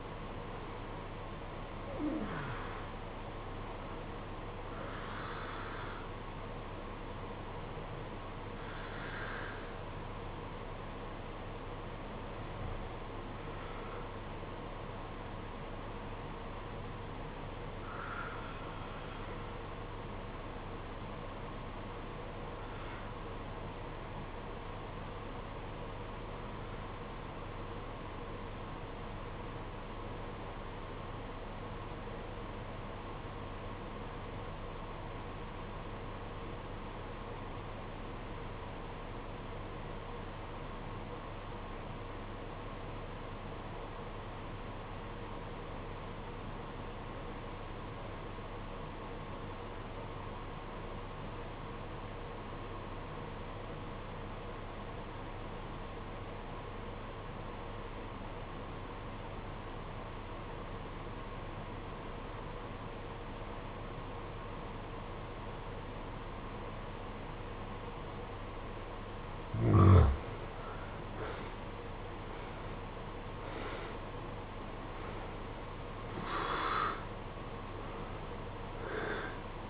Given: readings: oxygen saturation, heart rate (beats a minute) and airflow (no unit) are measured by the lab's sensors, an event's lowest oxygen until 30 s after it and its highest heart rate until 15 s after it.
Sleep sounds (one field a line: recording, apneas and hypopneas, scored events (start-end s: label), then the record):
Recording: breathing in sleep by a voice recorder at the bedside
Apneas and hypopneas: 1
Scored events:
29.00-70.80 s: obstructive apnea (REM, oxygen 96% highest, then 71% lowest, heart rate 59 at the start, 81 highest)
From the record:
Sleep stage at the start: REM sleep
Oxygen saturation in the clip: 70 to 96%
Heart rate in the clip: 53 to 88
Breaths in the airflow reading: 11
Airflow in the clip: -20.1 to 14.5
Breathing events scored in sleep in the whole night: 476 in 9.7 hours asleep